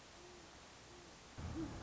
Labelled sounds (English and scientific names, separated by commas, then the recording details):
Great Horned Owl (Bubo virginianus)
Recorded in Sonoma County, California